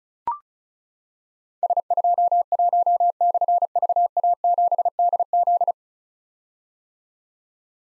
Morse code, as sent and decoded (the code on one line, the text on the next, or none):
... ..--- .---- -..-. ...- .- --... -.. --..
S21/VA7DZ